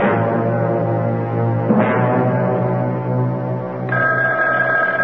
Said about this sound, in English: Oh, my goodness. That telephone never seems to stop ringing. Ever since the boys were in that plane accident, people have been calling to talk to them.